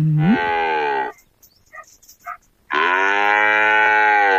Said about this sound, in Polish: Niezły cielaczek. Jakiś taki podrośnięty.